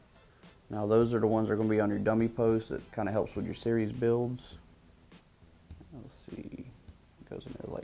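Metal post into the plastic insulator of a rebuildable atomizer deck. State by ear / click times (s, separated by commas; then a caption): seated / 7.8 s. A metal post for a rebuildable atomizer deck is pressed into its plastic insulator in the deck while someone talks. Quieter handling sounds follow, and a short sharp click at 7.8 s marks the post seating in the insulator.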